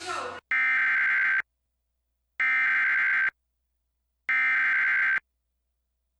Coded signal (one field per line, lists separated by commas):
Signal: Emergency Alert System (SAME) tones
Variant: header bursts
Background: speech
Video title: EAS Alert #3 - Severe Thunderstorm Warning